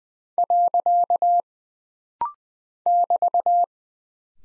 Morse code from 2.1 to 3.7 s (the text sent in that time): <BT>